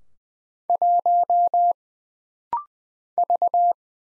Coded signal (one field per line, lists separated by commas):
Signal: Morse code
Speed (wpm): 20 wpm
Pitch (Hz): 700 Hz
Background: none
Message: 1 V